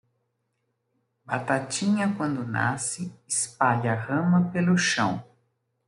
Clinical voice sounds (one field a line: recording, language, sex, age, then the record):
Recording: short text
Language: Brazilian Portuguese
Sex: female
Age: 60 to 69 years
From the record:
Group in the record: control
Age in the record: 64 years